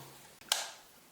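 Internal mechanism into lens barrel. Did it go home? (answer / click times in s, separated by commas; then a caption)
yes / 0.5 s. During reassembly of a Nikkor DX AF-S 18-55 G VR kit zoom lens, the internal plastic and metal mechanism is pressed back into position in the lens barrel before its two screws go in. A soft bump at 0.4 s is followed by one sharp, bright snap at 0.5 s that fades quickly. The mechanism drops into place and is seated.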